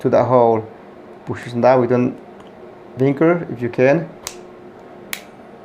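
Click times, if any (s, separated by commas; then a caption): 5.1 s. Someone talks while pushing the spring pin of a flexible chimney-cleaning rod's end coupling into the pinhole of the next rod. After the talking, there is a faint tick at 4.3 s, then a sharp snap at 5.1 s as the coupling locks the rods together.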